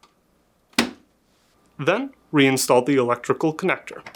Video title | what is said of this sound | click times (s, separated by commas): How to replace Freezer Evaporator Fan Motor part # WR60X25858 on your GE Refrigerator | insert the left side and press until it snaps back into place | 0.8 s